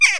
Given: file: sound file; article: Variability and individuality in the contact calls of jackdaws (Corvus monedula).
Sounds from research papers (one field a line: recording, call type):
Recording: jackdaw call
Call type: harmonic